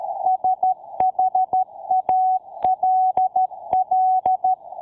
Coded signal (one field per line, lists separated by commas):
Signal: Morse code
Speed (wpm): 13 wpm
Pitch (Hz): 750 Hz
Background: none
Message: SHALL